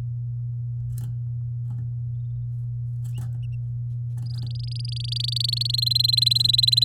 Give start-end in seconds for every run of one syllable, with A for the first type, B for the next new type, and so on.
4.26-5.67 A, 5.69-6.84 B